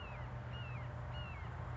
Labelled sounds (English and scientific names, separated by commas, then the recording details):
Red-shouldered Hawk (Buteo lineatus)
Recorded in Sonoma County, California